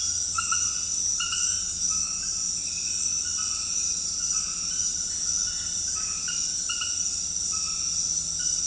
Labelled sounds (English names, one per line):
none